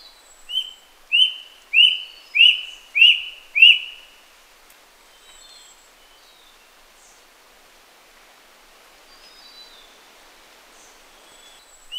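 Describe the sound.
Rusty-breasted cuckoo call, six clear, high whistled notes, each starting with a quick upward flick and then holding steady, repeated about every 0.6 seconds. Faint background hiss follows.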